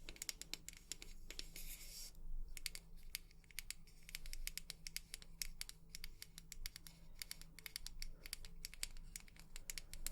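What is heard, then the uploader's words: Tapping goes on throughout in quick, uneven bursts of sharp, bright clicks, some clusters dense and others sparse. A short scratchy rush of noise fills the stretch around the second second. Underneath runs a low steady hum with a faint pulsing tone. ASMR 100% Tapping For SleepRelaxation (Long Nails).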